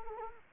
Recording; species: mosquito wingbeat signal from an infrared sensor; Anopheles arabiensis